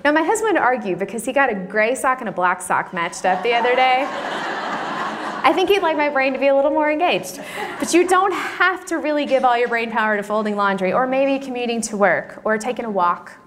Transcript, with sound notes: Now, my husband would argue because he got a gray sock and a black sock matched up the other day. (laughter) I think he’d like my brain to be a little more engaged. (laughter) But you don’t have to really give all your brain power to folding laundry or maybe commuting to work or taking a walk,